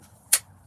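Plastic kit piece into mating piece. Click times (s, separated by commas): 0.3 s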